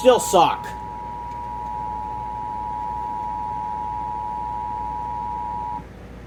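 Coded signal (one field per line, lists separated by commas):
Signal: Emergency Alert System (SAME) tones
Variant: 853 and 960 Hz attention tone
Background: speech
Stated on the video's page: Flash flood warning relayed on ten stations; one station's end-of-message tones glitched.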